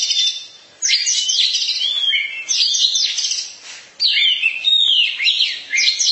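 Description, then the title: Oriental magpie-robin song, long bursts of rich whistles and rapid scratchy trills, high and varied, broken by short pauses. Long-duration song. "Kacer"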